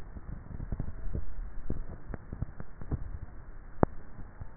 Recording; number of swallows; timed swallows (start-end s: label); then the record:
swallowing sounds by neck microphone; 1
0.88-1.72 s: swallow
From the record:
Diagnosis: dysphagia